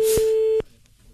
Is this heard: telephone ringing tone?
yes